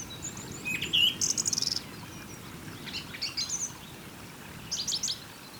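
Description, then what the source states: Birds singing in short bursts of high chirps and rapid trills, with a steady low rushing noise underneath throughout. Birds singing beside a small river.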